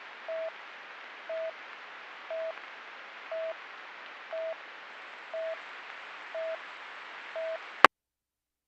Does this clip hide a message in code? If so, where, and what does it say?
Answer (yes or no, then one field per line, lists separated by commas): no